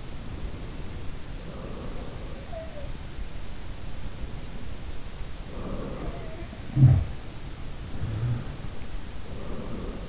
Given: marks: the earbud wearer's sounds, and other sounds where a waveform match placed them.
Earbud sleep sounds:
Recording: sounds in sleep by an in-ear microphone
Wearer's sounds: breath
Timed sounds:
0.00-3.36 s: breath
2.40-2.98 s: sound from someone else or the room
3.60-6.72 s: breath
5.92-7.35 s: sound from someone else or the room
7.53-10.09 s: sound from someone else or the room
7.82-10.09 s: breath

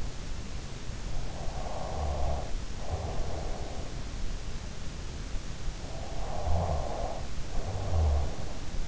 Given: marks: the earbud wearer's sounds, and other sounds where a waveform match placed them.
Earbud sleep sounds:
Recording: sounds in sleep by an in-ear microphone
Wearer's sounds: snoring breath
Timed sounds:
0.88-4.09 s: snoring breath
6.01-8.88 s: snoring breath

